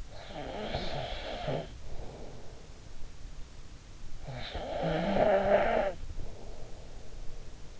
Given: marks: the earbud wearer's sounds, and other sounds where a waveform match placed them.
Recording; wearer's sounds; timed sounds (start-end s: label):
sounds in sleep by an in-ear microphone; snoring breath
0.00-2.76 s: snoring breath
4.25-7.50 s: snoring breath